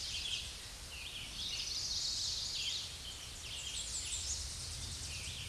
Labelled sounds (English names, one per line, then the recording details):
American Redstart song
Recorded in a Pennsylvania forest on 16 May 2024 at 06:52
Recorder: AudioMoth, point MSD-2110
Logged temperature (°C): 16.4 °C
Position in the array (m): 49 m, 224 m